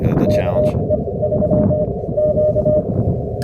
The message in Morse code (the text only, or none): KE3Q